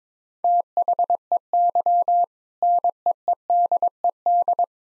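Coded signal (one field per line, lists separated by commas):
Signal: Morse code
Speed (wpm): 22 wpm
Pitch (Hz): 700 Hz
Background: none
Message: THEY NEEDED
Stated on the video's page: 22wpm drill of sentences containing common two-word phrases, each sent twice in Morse for head-copy practice.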